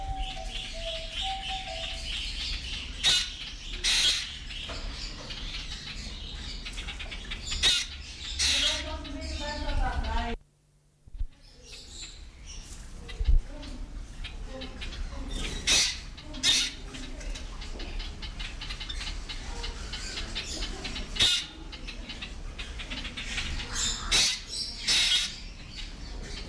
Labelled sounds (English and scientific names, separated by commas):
Black Drongo (Dicrurus macrocercus) call